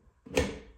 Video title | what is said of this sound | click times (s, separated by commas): How to Replace an Exhaust Fan with No Drywall work - EASY DIY | And then all you have to do is push up till you hear a click like that. | 0.4 s